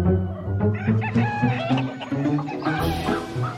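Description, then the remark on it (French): A rooster crows loudly in a long, strained cock-a-doodle-doo with wavering harmonic pitch, mixed with clucking from other fowl throughout, and no one talking. “Il y a plus de 5000 ans que les hommes apprécient son chant puissant et son plumage chatoyant.”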